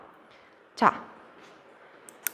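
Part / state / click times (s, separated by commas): pen plunger into pen barrel / seated / 2.3 s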